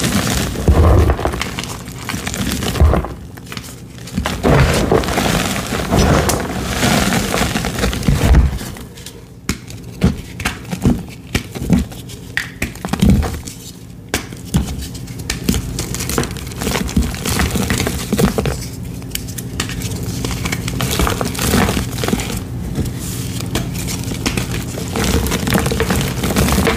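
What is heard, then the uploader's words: Gym chalk cylinders are crushed in a dense, continuous crumbling and crackling, with frequent sharper snaps and a low steady hum beneath. ASMR crushing gym chalk rainbow cylinders.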